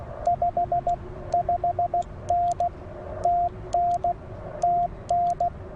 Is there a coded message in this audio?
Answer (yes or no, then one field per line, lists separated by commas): yes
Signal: Morse code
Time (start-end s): 0.3-5.5 s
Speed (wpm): 16 wpm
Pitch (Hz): 700 Hz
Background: radio noise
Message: 55N TN TN